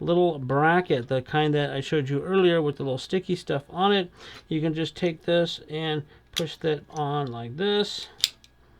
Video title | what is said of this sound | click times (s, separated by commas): 70 in 1 Action Camera Accessories Kit for GoPro | and it snaps into place so they're easy to get on and off | 8.4 s